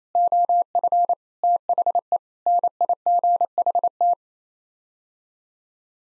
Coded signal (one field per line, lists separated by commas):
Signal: Morse code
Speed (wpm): 28 wpm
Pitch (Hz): 700 Hz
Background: none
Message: OF THE NIGHT